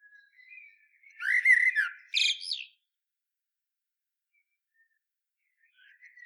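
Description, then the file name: Common blackbird song phrase: soft fluty notes building into a loud, throaty warble and a thin squeaky ending, then silence, with a faint note at the end. "Turdus merula"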